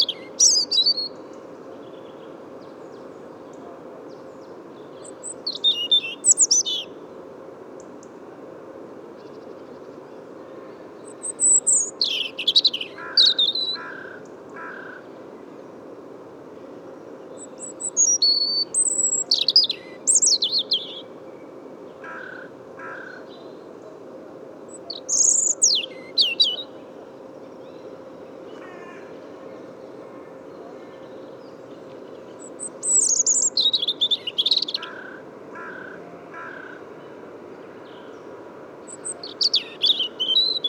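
Birdsong in the Bois de Vincennes on an almost spring-like day: bright, quick chirping phrases come in bursts every few seconds, with short runs of clipped notes between them. Underneath lies a steady low hum and a faint sustained tone.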